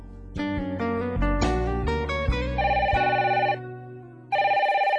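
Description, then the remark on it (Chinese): A short melodic chime of several bright notes gives way to a telephone ringing in two steady, warbling bursts with a brief pause between them, loud and with no voices. “我而家唔方便接听你电话，只系跌咗声之后留低你口信。”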